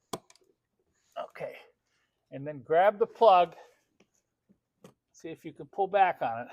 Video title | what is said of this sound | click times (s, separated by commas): 1998 to 2012 V6 and V8 PEAK Performance Cheap Tuning Trick | and it's just going to plug in like that until you hear it click | 0.1 s